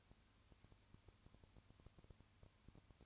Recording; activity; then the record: daily activity, microphone in the room; no activity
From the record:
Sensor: 2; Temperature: 20.3 degrees Celsius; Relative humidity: 35.6%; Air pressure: 1000.9 hPa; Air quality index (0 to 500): 196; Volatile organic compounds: 5 ppm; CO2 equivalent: 1729 ppm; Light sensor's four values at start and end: 2/3/2/2 and 2/3/2/2